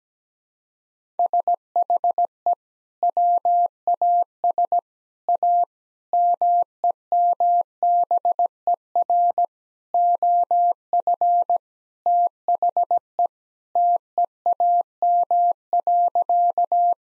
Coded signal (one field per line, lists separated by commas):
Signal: Morse code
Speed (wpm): 17 wpm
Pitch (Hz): 700 Hz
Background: none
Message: SHE WAS A MEMBER OF THE TEAM.